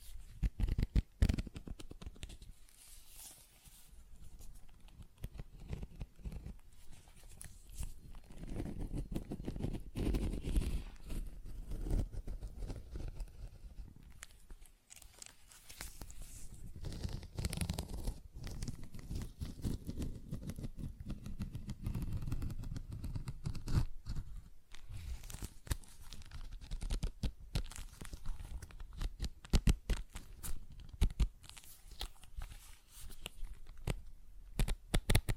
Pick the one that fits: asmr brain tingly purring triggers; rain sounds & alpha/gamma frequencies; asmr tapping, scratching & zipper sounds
asmr tapping, scratching & zipper sounds